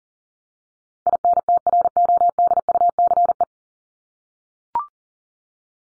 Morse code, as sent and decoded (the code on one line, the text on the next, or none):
.. -. - .-. --- -.. ..- -.-. .
INTRODUCE